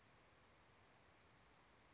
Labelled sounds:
Western Flycatcher (Empidonax difficilis)

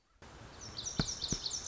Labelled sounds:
Lazuli Bunting (Passerina amoena)

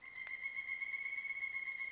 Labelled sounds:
Pileated Woodpecker (Dryocopus pileatus)

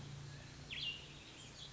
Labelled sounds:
Cassin's Vireo (Vireo cassinii)

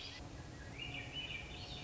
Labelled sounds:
Swainson's Thrush (Catharus ustulatus)

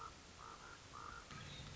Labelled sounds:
Common Raven (Corvus corax)

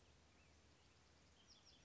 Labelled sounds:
Black-headed Grosbeak (Pheucticus melanocephalus)

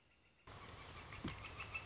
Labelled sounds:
Northern Flicker (Colaptes auratus)

